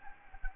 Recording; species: mosquito wingbeat signal from an infrared sensor; Anopheles gambiae